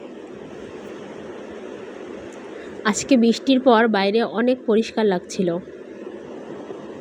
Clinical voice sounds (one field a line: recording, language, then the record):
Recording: elicited speech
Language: Bengali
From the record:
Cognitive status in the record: cognitively healthy